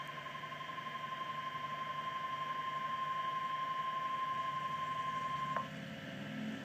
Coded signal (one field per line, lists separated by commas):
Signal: Emergency Alert System (SAME) tones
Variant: 1050 Hz attention tone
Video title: EAS #1 Severe thunderstorm warning